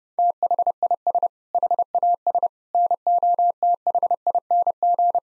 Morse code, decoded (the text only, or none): THIS HAS NOTHING